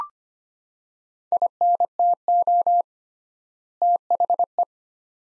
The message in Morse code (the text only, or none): INTO THE